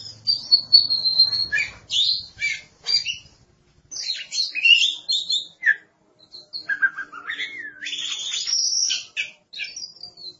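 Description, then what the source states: Oriental magpie-robin singing varied phrases: a high whistle, rapid chirps, rising slurred notes and scratchy bursts, with short pauses between. Kacer song.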